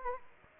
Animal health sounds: mosquito wingbeat signal from an infrared sensor; Anopheles arabiensis

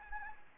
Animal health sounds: mosquito wingbeat signal from an infrared sensor; Anopheles arabiensis

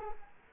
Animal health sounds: mosquito wingbeat signal from an infrared sensor; Culex quinquefasciatus

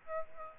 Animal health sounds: mosquito wingbeat signal from an infrared sensor; Aedes aegypti

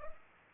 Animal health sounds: mosquito wingbeat signal from an infrared sensor; Culex pipiens

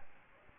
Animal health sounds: mosquito wingbeat signal from an infrared sensor; Aedes albopictus

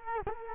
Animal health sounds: mosquito wingbeat signal from an infrared sensor; Culex quinquefasciatus

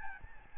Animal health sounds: mosquito wingbeat signal from an infrared sensor; Aedes albopictus

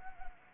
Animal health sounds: mosquito wingbeat signal from an infrared sensor; Anopheles gambiae

